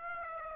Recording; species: mosquito wingbeat signal from an infrared sensor; Aedes aegypti